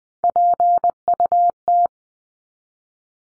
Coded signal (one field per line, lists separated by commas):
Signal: Morse code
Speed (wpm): 20 wpm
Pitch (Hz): 700 Hz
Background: none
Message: PUT